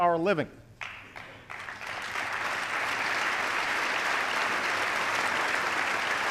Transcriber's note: applause